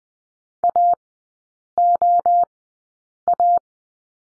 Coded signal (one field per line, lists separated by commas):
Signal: Morse code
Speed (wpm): 20 wpm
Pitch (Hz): 700 Hz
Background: none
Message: AOA